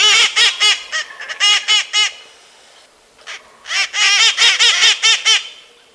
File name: Red-Masked Parakeet